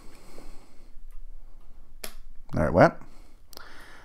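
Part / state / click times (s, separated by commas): support arm of a folding instant camera body / seated / 2.0 s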